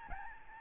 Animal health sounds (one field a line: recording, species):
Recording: mosquito wingbeat signal from an infrared sensor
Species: Aedes albopictus